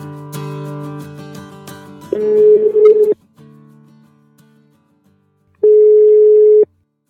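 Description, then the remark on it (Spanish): Telephone tones sound one after another as a number is dialed, then after a short pause a single steady ring tone sounds loudly for about a second. No one speaks. “Vale, esta misma tarde les llamo.”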